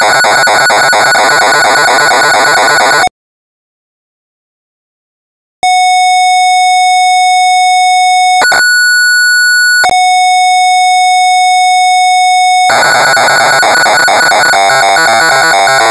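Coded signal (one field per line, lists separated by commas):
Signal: computer data on cassette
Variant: Amstrad CPC 464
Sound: harsh buzzing data, a gap, steady buzzy lead tone with brief higher blip, then screeching data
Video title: Fu-Kung in Las Vegas (1985) - Amstrad CPC 464 (Full Tape Rip / Cassette Load)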